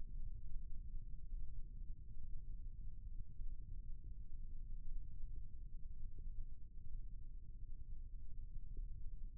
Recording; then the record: forearm muscle sounds (acoustic myography)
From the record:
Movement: rest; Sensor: system 1, eight BSWA MPA416 microphones around the upper forearm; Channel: 5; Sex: female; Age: 22 years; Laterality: right